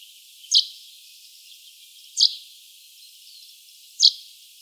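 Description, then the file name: Common chaffinch repeating three short, bright, high call notes, spaced nearly two seconds apart, against a soft hissing background. "Fringilla coelebs"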